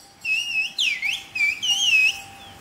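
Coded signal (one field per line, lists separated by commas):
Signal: whistled language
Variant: Turkish Kuş dili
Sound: a loud whistle gliding up and down in four short phrases over about two seconds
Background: faint steady low hum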